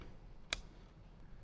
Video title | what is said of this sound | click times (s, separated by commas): Kicker 6 Speaker Plug & Play Upgrade Bundle Install (Part One) - 2003 - 2009 Toyota 4Runner | that one you even heard a little click | 0.5 s